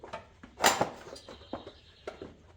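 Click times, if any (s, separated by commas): none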